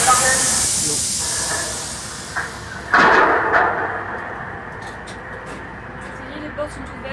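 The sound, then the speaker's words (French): A long pneumatic hiss fades as the gates of a canal lock slide open, followed by a short burst of rushing air and a soft clunk, with faint voices and a low rumble underneath. “Ça y est, les portes sont ouvertes, ouais.”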